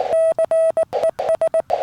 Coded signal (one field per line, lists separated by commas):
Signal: Morse code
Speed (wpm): 19 wpm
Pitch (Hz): 1950 Hz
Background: none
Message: CES